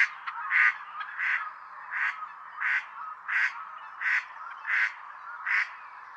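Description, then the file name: Mallard calls: a rhythmic string of eight coarse, nasal quacks spaced evenly at about 1.5 per second, preceded by a few faint clicks, with soft background hiss. Female; call. "krzyzowka peter boesman. wilde eend. roep wijfje"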